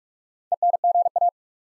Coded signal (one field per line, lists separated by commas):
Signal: Morse code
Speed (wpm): 44 wpm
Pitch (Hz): 700 Hz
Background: none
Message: ENGA